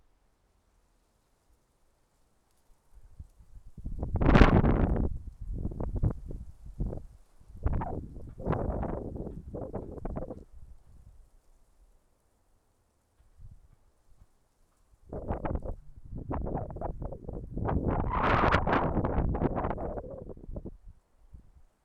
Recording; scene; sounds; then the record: everyday scene through a hearing-aid microphone; wind on the microphone; wind, traffic, birds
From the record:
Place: suburban garden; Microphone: behind the ear, left, rear